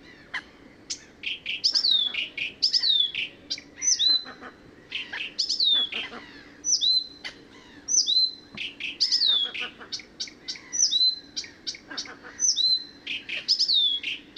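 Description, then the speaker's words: Blyth's Reed Warbler singing a steady stream of high whistled, downward-curving notes mixed with dry ticks and chatter, phrases repeated again and again. "Viitakerttunen ja merilokki lähtee"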